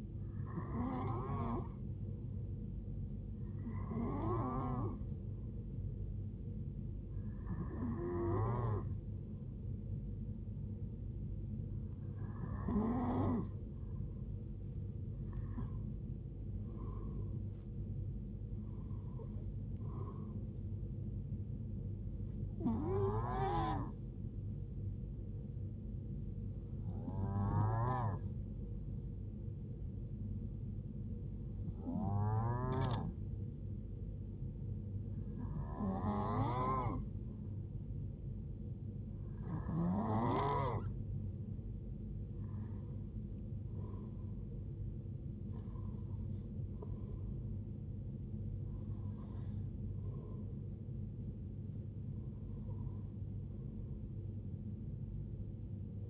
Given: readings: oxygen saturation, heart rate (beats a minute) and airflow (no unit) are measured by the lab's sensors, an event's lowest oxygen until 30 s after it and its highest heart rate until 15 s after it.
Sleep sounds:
breathing in sleep by a smartphone at the bedside; 2
3.00-18.00 s: hypopnea (N2, oxygen 92% highest, then 91% lowest, heart rate 72 at the start, 80 highest)
9.00-56.10 s: new sleep stage, N1 (lightest sleep)
27.00-44.80 s: hypopnea (N1, oxygen 94% highest, then 93% lowest, heart rate 71 at the start, 78 highest)
From the record:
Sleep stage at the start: N2 (light sleep); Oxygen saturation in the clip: 91 to 94%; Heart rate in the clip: 64 to 80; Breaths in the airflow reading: 15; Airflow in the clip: -6.9 to 7.1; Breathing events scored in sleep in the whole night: 389 in 6.3 hours asleep

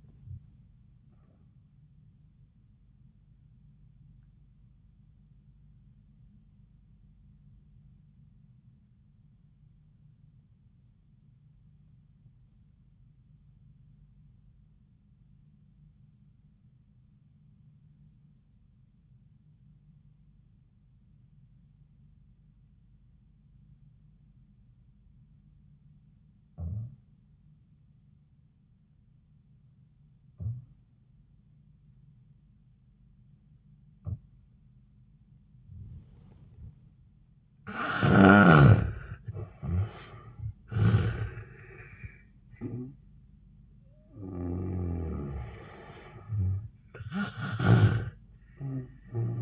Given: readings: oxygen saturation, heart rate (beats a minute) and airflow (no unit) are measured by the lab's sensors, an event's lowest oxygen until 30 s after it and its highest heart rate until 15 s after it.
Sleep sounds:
breathing in sleep by a smartphone at the bedside; 1
3.00-37.40 s: obstructive apnea (N1, oxygen 97% highest, then 71% lowest)
From the record:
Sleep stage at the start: N1 (lightest sleep); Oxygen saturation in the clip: 73 to 97%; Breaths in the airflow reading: 5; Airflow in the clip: -20.0 to 11.1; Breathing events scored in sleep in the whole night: 400 in 8.7 hours asleep

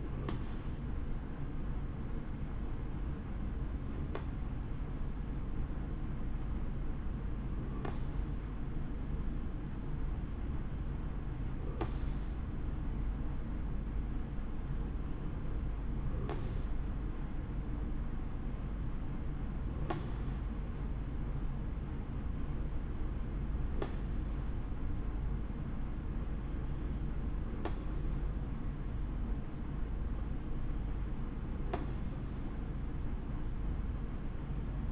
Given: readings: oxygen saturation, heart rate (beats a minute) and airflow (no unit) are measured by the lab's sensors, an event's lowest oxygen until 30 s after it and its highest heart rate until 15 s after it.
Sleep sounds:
breathing in sleep by a smartphone at the bedside; none
none scored
From the record:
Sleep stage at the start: N2 (light sleep); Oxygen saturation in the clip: 91 to 92%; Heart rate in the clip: 63 to 69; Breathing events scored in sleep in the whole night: 160 in 9.3 hours asleep

